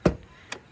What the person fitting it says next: You heard the click, which means it has released.